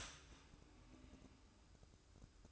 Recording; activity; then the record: daily activity, microphone in the room; start toaster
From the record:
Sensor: 2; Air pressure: 1007.0 hPa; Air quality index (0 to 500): 36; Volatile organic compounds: 1 ppm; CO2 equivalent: 531 ppm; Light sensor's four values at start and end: 6/13/5/5 and 6/13/5/5